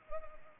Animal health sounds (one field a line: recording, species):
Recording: mosquito wingbeat signal from an infrared sensor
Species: Anopheles arabiensis